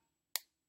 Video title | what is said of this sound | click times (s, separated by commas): 2nd gr overlapp d.2 | you have your whole project outlined then you want to snap your cap listen for that click and put it in your cup | 0.4 s